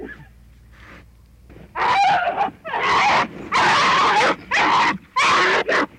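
Bear growling in harsh, rough bursts, starting with low mutters, then five loud roaring blasts each lasting under a second, with short pauses between.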